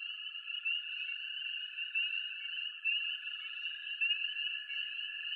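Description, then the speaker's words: Spring Peepers in a dense chorus, an unbroken shimmer of high peeping notes with no other sounds. Tiny forest frogs with a gentle peeping sound. "And these tiny forest frogs, often in damp margins around lakes and ponds, but they can be right out in the middle of the forest, have a gentle peeping sound."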